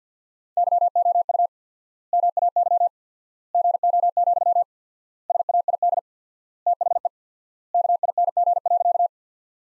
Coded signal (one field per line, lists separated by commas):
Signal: Morse code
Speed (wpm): 50 wpm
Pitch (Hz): 700 Hz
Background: none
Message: YOU MAY GO, SAID THE KING.